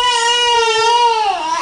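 An infant cry from a baby with a stomach ache, a sustained high-pitched wail with a strong harmonic series that falls in pitch toward the end; the baby is unwell.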